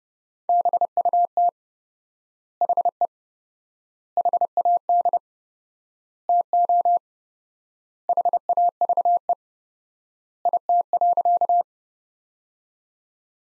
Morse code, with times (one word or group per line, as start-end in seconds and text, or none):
0.5-1.5 BUT
2.6-3.1 HE
4.2-5.2 HAD
6.3-7.0 TO
8.1-9.3 HAVE
10.5-11.6 IT.